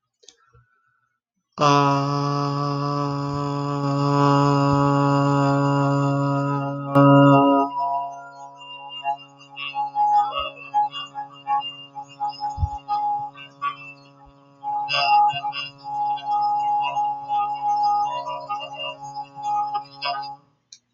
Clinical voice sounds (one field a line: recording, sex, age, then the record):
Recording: vowel held as long as possible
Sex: male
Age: 30 to 39 years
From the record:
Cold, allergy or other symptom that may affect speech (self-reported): no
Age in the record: 38 years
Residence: Missouri, United States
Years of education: 20